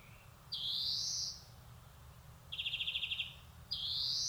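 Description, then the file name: Greenfinch song: two long, upward-slurred wheezy notes with one rapid trill between them. "Chloris chloris"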